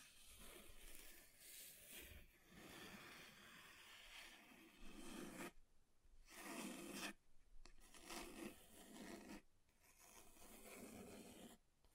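Scratching across a table surface, a rough rasping scrape that runs in long strokes with brief pauses near 5.5, 7 and 9.5 seconds. The texture shifts between passages, some grainier and hissier, others duller and lower, as if the scratching moves between different surfaces.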